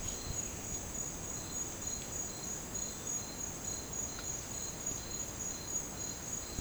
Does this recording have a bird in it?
no